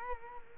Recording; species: mosquito wingbeat signal from an infrared sensor; Culex quinquefasciatus